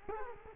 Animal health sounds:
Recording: mosquito wingbeat signal from an infrared sensor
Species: Culex quinquefasciatus

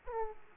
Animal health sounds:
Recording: mosquito wingbeat signal from an infrared sensor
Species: Aedes aegypti

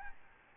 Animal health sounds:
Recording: mosquito wingbeat signal from an infrared sensor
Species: Aedes albopictus

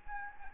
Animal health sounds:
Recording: mosquito wingbeat signal from an infrared sensor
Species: Anopheles gambiae

